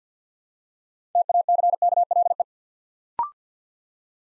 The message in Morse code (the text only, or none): TACKLE